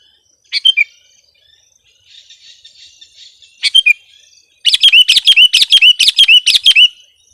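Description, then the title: Sooty-headed bulbul calling: two brief clusters of chirps with a soft chatter between, then a loud, rapid, steady string of many bright chirps. "kutilang"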